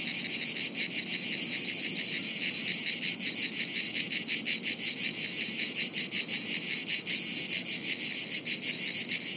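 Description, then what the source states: Cicadas in full chorus, a bright sizzling buzz with rapid, slightly irregular pulses running throughout. Chorus of cicadas high in trees overhead, woods near Sirolo, Italy, hot afternoon, August 23.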